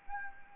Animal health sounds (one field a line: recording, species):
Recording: mosquito wingbeat signal from an infrared sensor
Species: Anopheles arabiensis